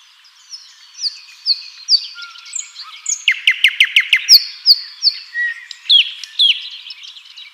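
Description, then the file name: Common nightingale song: whistled slurred notes and a low fluty tone, then a rapid burst of loud repeated clicking notes, followed by more slurred whistles. "Luscinia megarhynchos"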